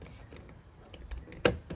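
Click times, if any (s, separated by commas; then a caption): 1.5 s. A newly painted plastic mirror cap is pressed onto a car's side mirror housing, starting from the bottom corner. Light handling taps lead up to one sharp plastic snap at 1.5 s as the cap clicks into place, followed by a softer tap. The cap is seated.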